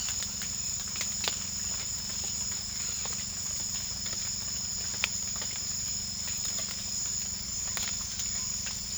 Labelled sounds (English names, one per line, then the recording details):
none
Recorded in secondary vegetation near Puerto Asís, Putumayo, Colombia, on 30 June 2025 at 17:00
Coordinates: 0.498, -76.327
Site GP09